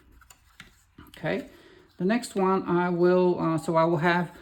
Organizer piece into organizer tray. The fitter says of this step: uh hold it with your hands and you push gently with your thumbs till you hear that click sound.